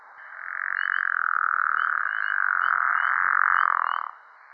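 Pickerel frog producing one drawn-out, buzzy snore of about four seconds, held at an even pitch, while soft high chirps sound faintly in the background.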